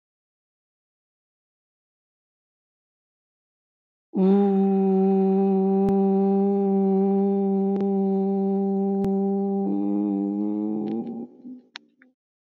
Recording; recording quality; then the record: sustained vowel as in boot; excellent, no background noise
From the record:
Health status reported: recovered from COVID-19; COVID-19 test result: positive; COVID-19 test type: RT-PCR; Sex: female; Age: 59 years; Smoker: no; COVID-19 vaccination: both doses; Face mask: not worn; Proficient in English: yes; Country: India